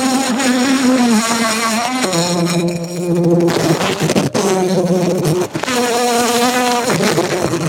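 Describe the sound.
Bumblebee wing buzz, a loud low drone that shifts pitch every second or two, dipping and rising as it flies, with two brief dropouts.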